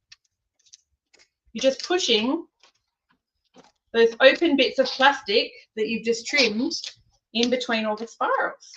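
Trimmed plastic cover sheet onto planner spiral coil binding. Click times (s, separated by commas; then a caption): 0.1 s. A trimmed plastic cover sheet with slits is tucked over a planner's spiral coil binding, its plastic tabs between the slits snapping over the coil rings with a sharp click at 0.1 s, followed by a few faint ticks. Someone then talks while pushing the open bits of plastic between the spirals, and the cover clips into place.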